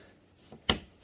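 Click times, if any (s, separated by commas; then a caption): 0.7 s. A plastic clamp lever on a plastic pet kennel is hooked over and pressed closed. After a faint soft tap just before, a single sharp, loud click rings out at 0.7 s. The clamp is locked shut and seated.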